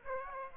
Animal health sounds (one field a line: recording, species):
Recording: mosquito wingbeat signal from an infrared sensor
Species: Aedes aegypti